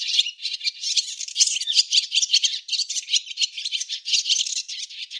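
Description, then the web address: Barn swallow chattering without a break, a steady stream of high twitters and buzzy rattling notes. "cianscape birddata Deverinetal 2025"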